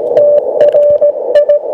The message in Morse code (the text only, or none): TRI